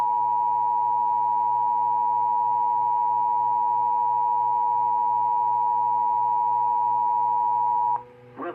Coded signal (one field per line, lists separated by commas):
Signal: Emergency Alert System (SAME) tones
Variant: 853 and 960 Hz attention tone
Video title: EAS 7957-7972 EAS Alerts from 5/15/2025-5/17/2025 Pt. 3/3